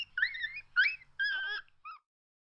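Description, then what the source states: Coyote pup giving high, wavering distress yelps, three whining cries followed by a short fainter yip, then silence. Coyote pup giving a ki-yi distress call.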